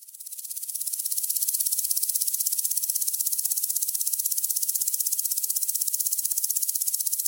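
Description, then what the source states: Grasshoppers stridulating, a dry high hiss of rapid pulses, fading in and then holding steady throughout. Grasshoppers in summer; described as not particularly tuneful but a summery, happy sound.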